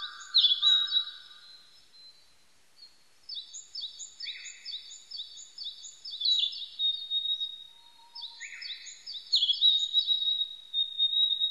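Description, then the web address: Narcissus flycatcher song: rapid series of high repeated chirps ending in a sustained whistle, phrases separated by short pauses. Recorded 25 April 1998. "1998 980425 kibitaki"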